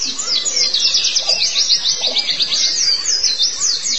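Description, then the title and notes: White-eye twittering: a dense, continuous stream of very high, fast chirps and trills with little pause. Softer lower notes sound underneath. "Suara kicauan burung pleci"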